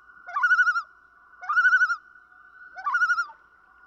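Common loon calling three rapid quavering tremolos, each beginning with a sharp upward slur, repeated about every 1.2 seconds, with a faint steady tone underneath.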